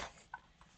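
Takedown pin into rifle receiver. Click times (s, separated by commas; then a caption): 0.3 s. While reassembling a Ruger AR-15 chambered in 5.56 and .223, the steel takedown pin is pushed back through the upper and lower receivers and snaps into its detent with a sharp metallic click at 0.3 s, followed by a fainter tick at 0.6 s. The pin is seated and the rifle is back together.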